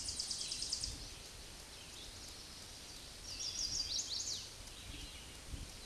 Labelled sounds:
Chestnut-sided Warbler (Setophaga pensylvanica) song
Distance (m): 40 m
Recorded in a Pennsylvania forest on 18 May 2023 at 07:54
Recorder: AudioMoth, point grid1_11_low
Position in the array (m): 211 m, 131 m

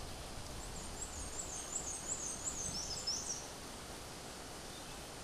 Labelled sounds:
Black-and-white Warbler (Mniotilta varia) song
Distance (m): 25 m
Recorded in a Pennsylvania forest on 17 May 2023 at 12:04
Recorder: AudioMoth, point grid1_28_low
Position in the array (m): 52 m, 83 m

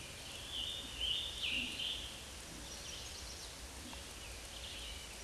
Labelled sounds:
Scarlet Tanager (Piranga olivacea) song
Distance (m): 45 m
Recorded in a Pennsylvania forest on 19 May 2023 at 09:56
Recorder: AudioMoth, point grid1_6_low
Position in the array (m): 159 m, 72 m

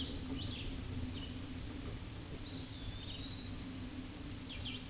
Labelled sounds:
Eastern Wood-Pewee (Contopus virens) song
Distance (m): 45 m
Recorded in a Pennsylvania forest on 18 May 2023 at 13:33
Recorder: AudioMoth, point grid1_39_low
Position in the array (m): 138 m, 187 m

